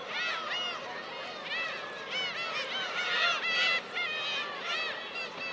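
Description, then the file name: Black-tailed gulls calling: many overlapping, cat-like mewing cries, rising then falling, repeated rapidly in a dense flock chorus. "umineko"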